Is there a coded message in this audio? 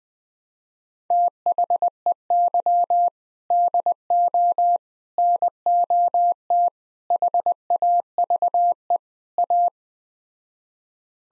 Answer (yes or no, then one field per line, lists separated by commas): yes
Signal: Morse code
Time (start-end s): 1.1-9.7 s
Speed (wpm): 20 wpm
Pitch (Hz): 700 Hz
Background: none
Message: THEY DO NOT HAVE A